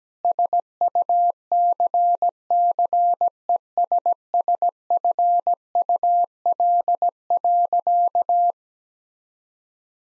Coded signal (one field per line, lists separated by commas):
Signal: Morse code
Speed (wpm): 17 wpm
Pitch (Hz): 700 Hz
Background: none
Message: SUCCESSFUL.